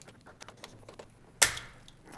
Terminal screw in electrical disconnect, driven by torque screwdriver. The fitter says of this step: all right you just heard it click there